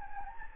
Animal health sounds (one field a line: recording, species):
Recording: mosquito wingbeat signal from an infrared sensor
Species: Anopheles gambiae